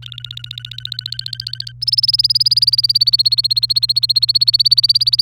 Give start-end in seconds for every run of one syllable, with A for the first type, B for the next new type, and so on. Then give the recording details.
0.03-1.72 A, 1.82-5.21 B. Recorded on 27 April 2018 at 06:43. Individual llb3